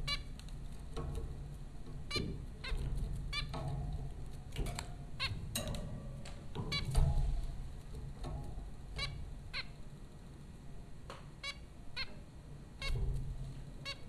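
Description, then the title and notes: Zebra finch calls, many short nasal beeps repeated irregularly throughout, several at a time, over a constant low hum. Zebra finches at Popcorn School, Flatbush, Brooklyn, New York, April 15, 2009. "Dronecast: The Popcorn Finches Four from Apr 15, 2009. Zebra finches recorded by Dan Bodah at Popcorn School, Flatbush, Brooklyn NY in April 2009"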